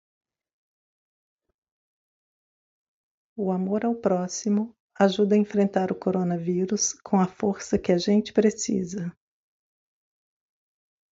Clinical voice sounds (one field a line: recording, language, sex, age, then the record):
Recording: spoken sentence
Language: Brazilian Portuguese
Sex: female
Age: 60 to 69 years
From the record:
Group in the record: control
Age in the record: 61 years